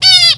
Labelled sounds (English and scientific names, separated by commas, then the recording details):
Zebra Finch (Taeniopygia guttata) distance call
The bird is a male
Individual mal8